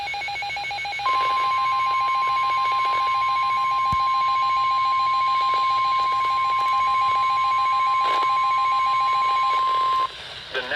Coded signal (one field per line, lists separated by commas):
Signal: Emergency Alert System (SAME) tones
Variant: 1050 Hz attention tone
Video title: Severe Thunderstorm Warning (EAS #232) (NWS Charleston, WV)